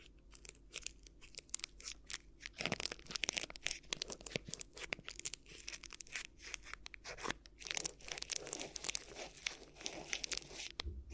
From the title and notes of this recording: ASMR Addictive Crinkly Ear Massage (No Talking).